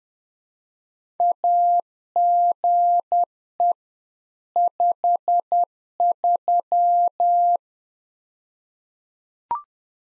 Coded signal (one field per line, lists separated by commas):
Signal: Morse code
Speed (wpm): 10 wpm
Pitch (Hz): 700 Hz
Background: none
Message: AGE 53